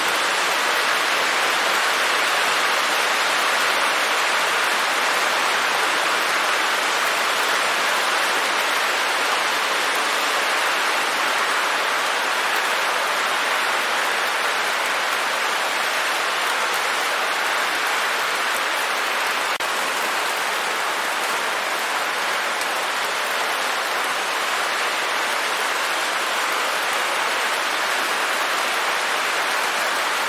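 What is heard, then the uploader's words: Heavy rain pours down in a dense, unbroken hiss that stays level for the whole stretch. The sound is bright, packed with countless fine drops, with little low rumble beneath and no distinct separate events. 1 Hour Heavy Rain Sounds: Immerse in the Deluge of Nature's Calming Power. Intense rainfall.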